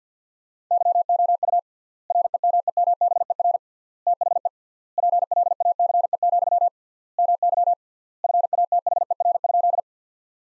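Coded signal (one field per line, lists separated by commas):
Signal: Morse code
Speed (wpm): 50 wpm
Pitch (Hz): 700 Hz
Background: none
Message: YOU REMEMBER THE PLACE, MY FATHER?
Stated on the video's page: Morse practice sentences from the top 400 words at 50 wpm, with 3x standard word spacing, an approach analogous to Farnsworth using words instead of characters.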